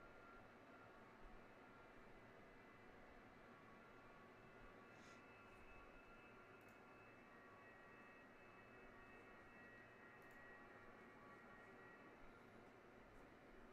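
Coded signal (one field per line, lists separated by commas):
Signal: FT8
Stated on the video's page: FT8 on an Alpha HOA Buster gutter antenna with an FMJ match.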